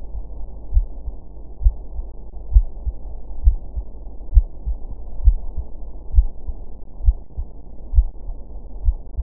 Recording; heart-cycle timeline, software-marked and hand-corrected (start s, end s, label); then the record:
heart sounds
0.00	0.15	systole
0.15	0.25	S2
0.25	0.73	diastole
0.73	0.87	S1
0.87	1.05	systole
1.05	1.15	S2
1.15	1.63	diastole
1.63	1.75	S1
1.75	1.95	systole
1.95	2.05	S2
2.05	2.53	diastole
2.53	2.67	S1
2.67	2.85	systole
2.85	2.95	S2
2.95	3.45	diastole
3.45	3.59	S1
3.59	3.77	systole
3.77	3.85	S2
3.85	4.33	diastole
4.33	4.47	S1
4.47	4.67	systole
4.67	4.77	S2
4.77	5.25	diastole
5.25	5.39	S1
5.39	5.57	systole
5.57	5.67	S2
5.67	6.15	diastole
6.15	6.29	S1
6.29	6.49	systole
6.49	6.57	S2
6.57	7.03	diastole
7.03	7.17	S1
7.17	7.37	systole
7.37	7.45	S2
7.45	7.93	diastole
7.93	8.07	S1
8.07	8.27	systole
8.27	8.37	S2
8.37	8.85	diastole
8.85	8.97	S1
8.97	9.17	systole
9.17	9.23	S2
From the record:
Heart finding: coronary artery disease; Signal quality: good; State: rest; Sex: female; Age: 68 years